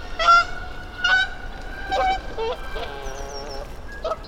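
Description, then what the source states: Goose giving a few honks, the later ones softer, with a thin whistled songbird note behind. Lone goose landed on the ice of a still-frozen bog, Mud Pond nature refuge, Vermont, early spring; called about ten minutes, sounding lonely to the recordist; parabolic microphone on stand; songbirds in background.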